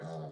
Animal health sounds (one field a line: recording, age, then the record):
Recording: pig call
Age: piglet (1 to 25 days)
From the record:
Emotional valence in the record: negative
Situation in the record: long isolation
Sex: male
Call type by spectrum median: low-frequency call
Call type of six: low-frequency modulated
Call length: 0.32 s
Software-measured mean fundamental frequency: 53 Hz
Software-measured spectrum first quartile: 168 Hz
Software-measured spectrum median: 390 Hz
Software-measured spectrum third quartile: 687 Hz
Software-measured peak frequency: 623 Hz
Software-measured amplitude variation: 53 dB a second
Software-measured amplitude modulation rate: 23.8 a second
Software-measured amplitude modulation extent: 2.2 dB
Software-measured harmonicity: 0.4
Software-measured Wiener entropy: -0.17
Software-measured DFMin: 1234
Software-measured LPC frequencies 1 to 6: 622, 1376, 3517, 3916, 4785, 5578 Hz